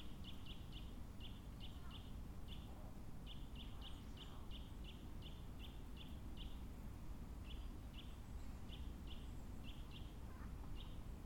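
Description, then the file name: Eurasian nuthatch giving long series of short, evenly spaced piping notes, pausing between runs, against a steady deep rumble. "Sitta europaea"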